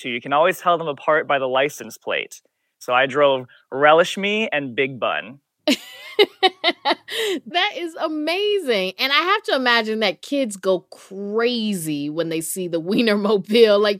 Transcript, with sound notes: You can always tell them apart by the license plate, so I drove RELISHME and BIGBUN.
(Laughter) That is amazing. And I have to imagine that kids go crazy when they see the Wienermobile.